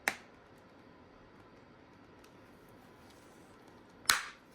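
A thumb is placed on one side of the plastic side cover of an Arai Tour-X5 motorcycle helmet while the other side is pressed. Sharp snaps ring out at 0.1 s and 4.1 s, with quiet between them. The side-cover piece pops out and is released.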